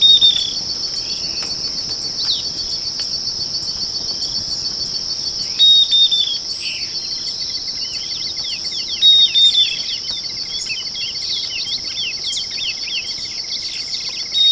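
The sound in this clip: Bird calls: short high whistled notes and clusters of quick downslurred chirps come in bursts, set against a steady, shrill insect drone that runs throughout.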